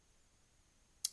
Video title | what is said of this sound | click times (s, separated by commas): Install more Ram On Mac Book Pro | and eight there's the little click it popped in | 1.0 s